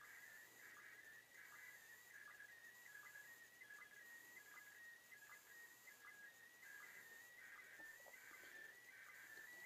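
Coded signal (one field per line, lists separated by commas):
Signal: SSTV (slow-scan television)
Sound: continuous warbling tone shifting between high pitches with steady short ticks, under heavy hiss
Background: radio static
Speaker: So far, pretty good picture. Now we're getting a little bit noisy now.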